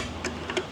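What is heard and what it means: A nut on a bolt for a ceiling fan mount in wooden rafters is turned with a ratcheting tool, giving light ticks at about 0.3, 0.5 and 0.6 seconds. The nut never gets tight; its thread strips out because it went on crooked.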